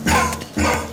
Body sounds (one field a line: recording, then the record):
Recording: coughing mixed with background sound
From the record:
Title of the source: Wet Throat Infection Cough